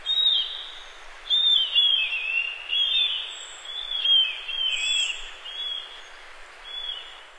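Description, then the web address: Marbled murrelet gives repeated high, harsh cries in pulsing bursts, rising and falling in loudness. "Songs of Birds of North America Stokes. Marbled Murrelet"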